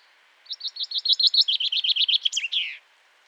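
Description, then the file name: Common chaffinch song: bright repeated chips racing downward in pitch, growing louder, finishing with a brief emphatic twisting flourish. "Fringilla coelebs"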